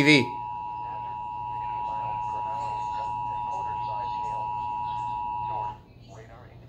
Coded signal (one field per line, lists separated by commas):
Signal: Emergency Alert System (SAME) tones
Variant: 853 and 960 Hz attention tone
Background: speech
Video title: Tornado Warning on NOAA Weather Radio and Television (05/23/2020) (EAS #27-28)